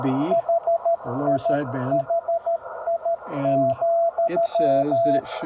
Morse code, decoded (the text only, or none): HIHI,